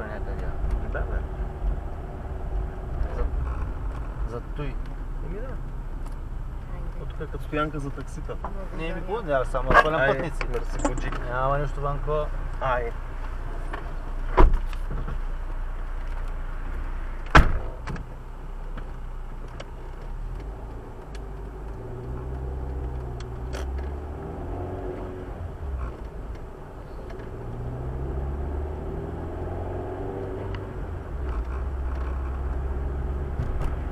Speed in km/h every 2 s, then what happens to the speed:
30, 29, 21, 9, 0, 0, 0, 0, 0, 0, 0, 16, 22, 27, 40, 40, 42.
0-7 brakes to 0. 7-20 standing. 20-34 pulls away to 42.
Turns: none.